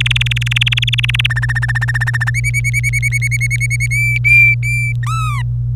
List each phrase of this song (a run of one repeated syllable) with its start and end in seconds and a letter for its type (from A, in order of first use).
0.00-1.27 A, 1.30-2.30 B, 2.34-3.86 C, 3.91-4.93 D, 5.03-5.42 E